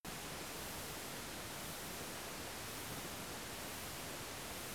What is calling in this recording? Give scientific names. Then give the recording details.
none. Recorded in France